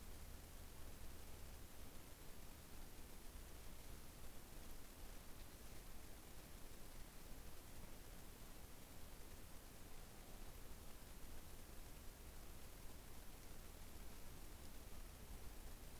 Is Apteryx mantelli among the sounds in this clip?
no